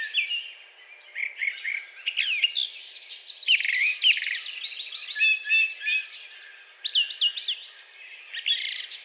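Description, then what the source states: Brown thrasher song of quick, varied phrases: chips, trills and slurred notes, frequently repeated in pairs, flowing almost continuously. Recorded on 4 June 2020.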